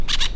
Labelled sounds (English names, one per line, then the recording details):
Brown-throated Parakeet contact call
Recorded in La Tortuga
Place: Isla La Tortuga
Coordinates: 10.925, -65.258